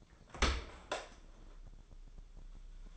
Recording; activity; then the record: daily activity, microphone in the room; open dishwasher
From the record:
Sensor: 5